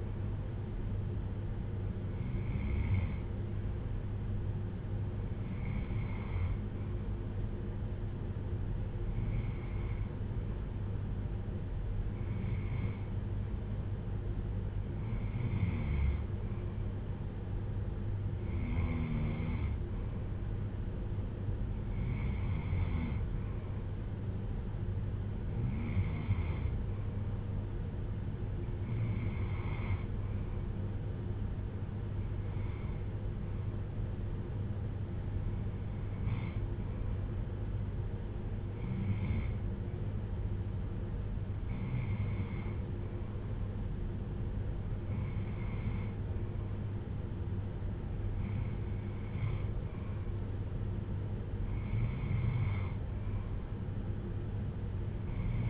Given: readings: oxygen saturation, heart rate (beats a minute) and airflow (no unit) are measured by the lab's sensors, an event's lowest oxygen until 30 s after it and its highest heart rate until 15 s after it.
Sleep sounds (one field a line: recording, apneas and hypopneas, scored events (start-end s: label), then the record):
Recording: breathing in sleep by a smartphone at the bedside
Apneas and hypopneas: none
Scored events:
none scored
From the record:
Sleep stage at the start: N2 (light sleep)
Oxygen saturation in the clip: 92 to 94%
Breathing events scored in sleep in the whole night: 310 in 8.1 hours asleep